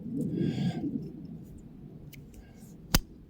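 A blade of a USA-made Bear MGC Stockman slip-joint pocketknife is closed into its handle. Soft, breathy rustling in the first second gives way to a quiet stretch, then a single sharp, bright snap at 3.0 s. The blade has snapped shut against the spring for a good, fully seated close.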